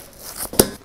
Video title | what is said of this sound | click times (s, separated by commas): SAM Junctional Tourniquet Application | pull both Brown handles until you hear an audible click securing the belt | 0.6 s